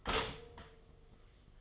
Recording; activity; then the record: daily activity, microphone in the room; stop toaster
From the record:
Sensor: 4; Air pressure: 1015.5 hPa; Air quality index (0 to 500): 204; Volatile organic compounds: 11 ppm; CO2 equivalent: 2281 ppm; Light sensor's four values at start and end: 4/8/3/2 and 4/8/3/2